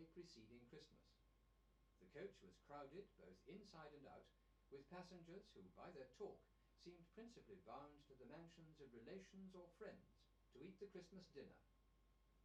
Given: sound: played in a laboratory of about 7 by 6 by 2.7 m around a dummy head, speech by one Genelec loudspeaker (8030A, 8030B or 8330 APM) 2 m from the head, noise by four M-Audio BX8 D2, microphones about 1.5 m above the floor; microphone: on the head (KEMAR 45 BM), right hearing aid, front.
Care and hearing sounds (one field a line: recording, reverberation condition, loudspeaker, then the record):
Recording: male speech in English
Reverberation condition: low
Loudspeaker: 120 degrees to the left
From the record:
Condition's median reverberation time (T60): about 310 ms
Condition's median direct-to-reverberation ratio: about 3.5 dB